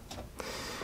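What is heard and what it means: A screwdriver gives a quarter-turn fastener on a test instrument's service door a turn, and the fastener releases with a sharp click at 0.4 s. A softer scrape comes just before at 0.1 s, and a steady broadband hiss continues after the click. The fastener is confirmed open.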